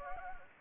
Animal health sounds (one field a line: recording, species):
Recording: mosquito wingbeat signal from an infrared sensor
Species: Anopheles gambiae